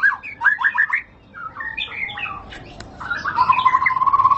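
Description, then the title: White-rumped shama song: short whistled and chirping phrases, ending in a sustained steady trilled note. Lure (pancingan) of high-class murai batu song, much sought for use as master tutor for caged birds. "Pancingan Murai Batu Berkelas Banyak Di Cari Buat Masteran"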